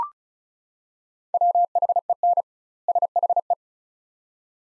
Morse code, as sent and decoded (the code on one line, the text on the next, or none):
.-- .... . -. / ... .... .
WHEN SHE